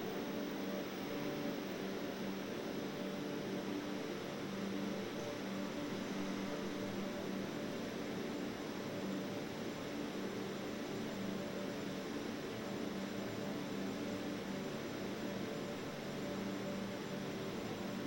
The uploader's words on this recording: The piece "Room" combines room tones sampled from several films, sfx libraries, with field recordings of other rooms and spaces. These sound sources are processed to highlight the various inherent or imagined states of dramatic narrative possible with their acoustic properties.